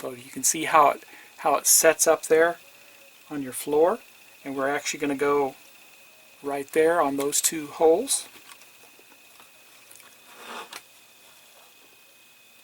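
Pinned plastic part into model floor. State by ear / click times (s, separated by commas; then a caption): seated / 10.8 s. A small pinned plastic part for a Shelby GT500 Super Snake model is pressed into two holes in the model floor while someone talks. A short, sharp click at 10.8 seconds follows as the part snaps into place and seats.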